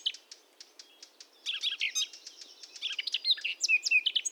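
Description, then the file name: Eurasian blackcap song: soft spaced ticking notes build into a quick, scratchy warble ending in clearer whistled notes. "Sylvia atricapilla"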